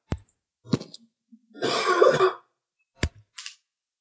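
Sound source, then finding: Adult. Cough.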